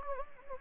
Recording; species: mosquito wingbeat signal from an infrared sensor; Anopheles gambiae